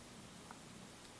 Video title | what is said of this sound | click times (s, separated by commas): Part 2 - Assembly: Build Your own “vintage” Pilot watch | until it clicks. | 0.5 s